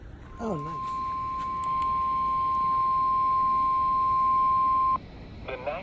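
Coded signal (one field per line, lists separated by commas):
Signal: Emergency Alert System (SAME) tones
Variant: 1050 Hz attention tone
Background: speech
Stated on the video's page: EAS alerts from LWX, mostly captured from Hagerstown and Baltimore, Maryland.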